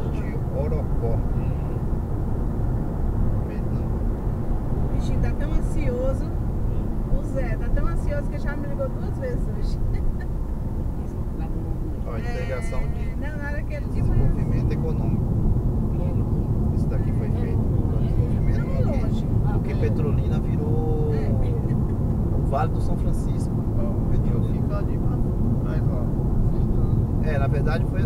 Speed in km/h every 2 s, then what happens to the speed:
100, 102, 98, 94, 88, 84, 82, 81, 82, 84, 85, 86, 85, 82.
3-11 slows to 82. 11-23 steady at about 82.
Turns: none.